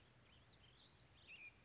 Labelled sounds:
Warbling Vireo
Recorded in Sonoma County, California

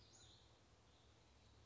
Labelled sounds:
Western Flycatcher
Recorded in Sonoma County, California

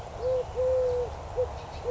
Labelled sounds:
Eurasian Collared Dove
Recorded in Sonoma County, California

